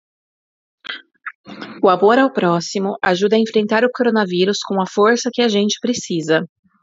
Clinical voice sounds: spoken sentence; Brazilian Portuguese; female; 30 to 39 years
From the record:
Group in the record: control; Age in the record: 36 years

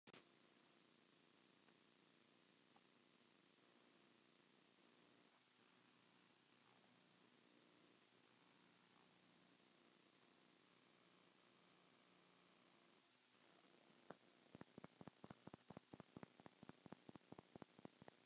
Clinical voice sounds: short text; Brazilian Portuguese; female; 18 to 19 years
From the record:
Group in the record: control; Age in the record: 18 years

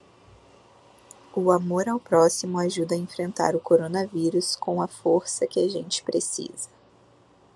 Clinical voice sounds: spoken sentence; Brazilian Portuguese; female; 20 to 29 years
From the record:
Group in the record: control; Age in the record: 27 years

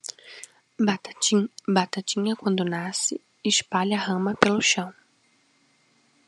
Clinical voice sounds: short text; Brazilian Portuguese; female; 20 to 29 years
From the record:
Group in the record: control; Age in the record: 22 years

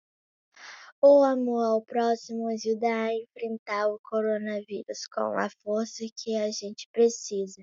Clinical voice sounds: spoken sentence; Brazilian Portuguese; female; 30 to 39 years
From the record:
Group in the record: control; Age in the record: 37 years

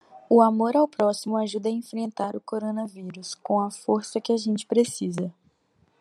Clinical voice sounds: spoken sentence; Brazilian Portuguese; female; 20 to 29 years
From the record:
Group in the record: control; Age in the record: 21 years

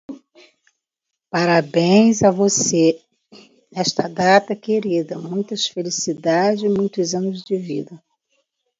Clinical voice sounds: short text; Brazilian Portuguese; female; 60 to 69 years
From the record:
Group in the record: control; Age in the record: 63 years

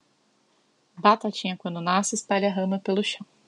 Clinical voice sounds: short text; Brazilian Portuguese; female; 30 to 39 years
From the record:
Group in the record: control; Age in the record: 32 years

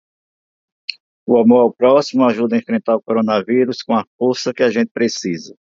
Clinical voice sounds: spoken sentence; Brazilian Portuguese; male; 50 to 59 years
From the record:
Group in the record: control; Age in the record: 57 years

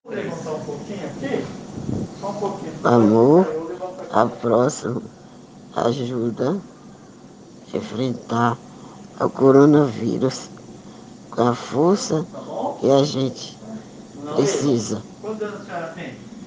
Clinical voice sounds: spoken sentence; Brazilian Portuguese; female; 60 to 69 years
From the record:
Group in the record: respiratory insufficiency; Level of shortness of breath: 5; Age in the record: 68 years

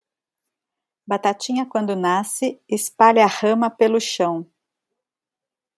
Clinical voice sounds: short text; Brazilian Portuguese; female; 40 to 49 years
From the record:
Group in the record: control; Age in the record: 47 years

